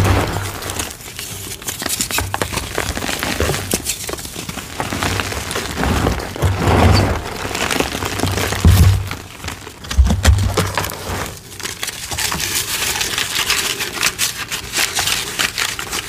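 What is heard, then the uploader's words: Gym chalk slabs are crushed in a steady stream of dry, crunchy crackles and crumbling grit, dense and irregular throughout. Heavier squeezes swell the sound around 6 to 9 seconds and again near 10, with deep thumps underneath. Deep Blue Slabs Mass Crush + a Fresh Block. Loud crunchy asmr oddly satisfying gym chalk crushing sounds.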